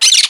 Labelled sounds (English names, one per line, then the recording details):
Brown-throated Parakeet contact call
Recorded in Margarita
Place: San Francisco, near stadium
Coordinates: 11.018, -64.294